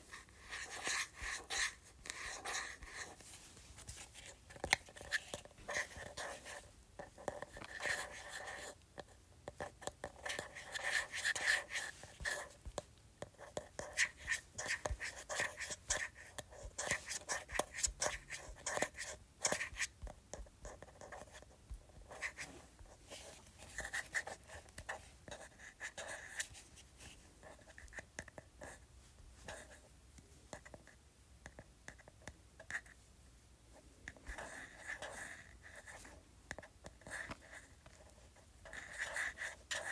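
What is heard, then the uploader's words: Fingers tap on a plastic organizer, a steady, dense patter of light clicks that runs the whole time. The taps come quickly and irregularly with a hollow, bright ring and soft, even loudness. ASMR Tapping Plastic Organizer.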